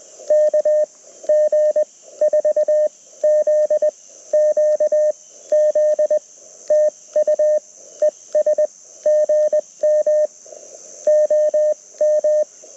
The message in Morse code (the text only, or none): KG4ZQZ TU ES GM OM